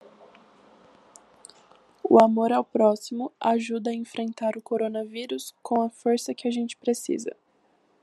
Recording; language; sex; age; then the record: spoken sentence; Brazilian Portuguese; female; 20 to 29 years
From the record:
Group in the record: control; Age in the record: 20 years